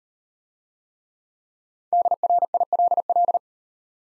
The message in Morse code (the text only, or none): DRILL